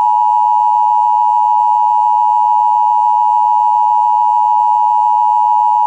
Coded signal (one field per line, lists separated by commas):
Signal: Emergency Alert System (SAME) tones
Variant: 853 and 960 Hz attention tone